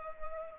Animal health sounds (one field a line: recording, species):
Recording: mosquito wingbeat signal from an infrared sensor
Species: Culex pipiens